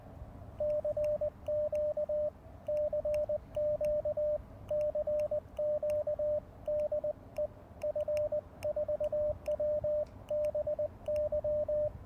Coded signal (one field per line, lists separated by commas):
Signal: Morse code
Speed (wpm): 20 wpm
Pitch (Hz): 600 Hz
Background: radio noise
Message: CQ CQ CQ DE F4WBY